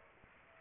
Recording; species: mosquito wingbeat signal from an infrared sensor; Anopheles gambiae